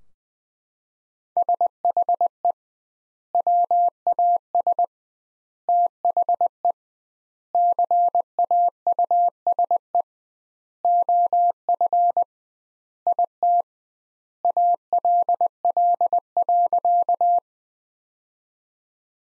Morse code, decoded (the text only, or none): SHE WAS THE CAUSE OF IT ALL.